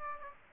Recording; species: mosquito wingbeat signal from an infrared sensor; Aedes aegypti